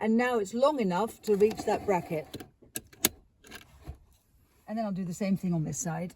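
Someone talks while clipping the metal buckle on the end of a rear-facing child car seat's tether strap onto the ring of the strap attached to the vehicle seat rail bracket. Sharp metallic clicks at 2.8 s and 3.1 s mark the buckle seating onto the anchor ring, followed by a few faint rattles before the talking resumes.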